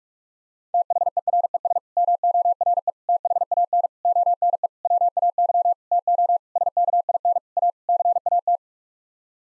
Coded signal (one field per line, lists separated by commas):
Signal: Morse code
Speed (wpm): 46 wpm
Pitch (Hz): 700 Hz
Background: none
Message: THERES MORE THAN ONE WAY TO SKIN A CAT